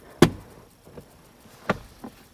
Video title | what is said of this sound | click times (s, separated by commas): NEW 2023 VW T-ROC CABRIO R LINE - WHY IT'S HARD TO HATE #vwtroc | A little tip that if you've got easy entry seats, make sure you push them forward so the backrest locks into place, otherwise they won't work properly when you pull them back. | 0.2 s, 1.7 s